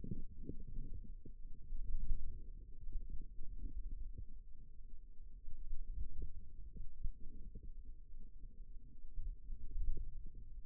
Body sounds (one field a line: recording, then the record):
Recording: forearm muscle sounds (acoustic myography)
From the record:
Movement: wrist flexion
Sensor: system 2, bracelet of six BSWA MPA416 microphones around the upper forearm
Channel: 4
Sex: female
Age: 22 years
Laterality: right